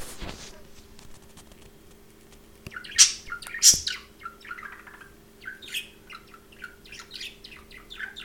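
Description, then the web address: Parrot starting quietly, then two loud squeaks followed by a run of quick chirps and warbles. Domestic pet parrot, chirping and talking. "domasen papagal curulika i govori"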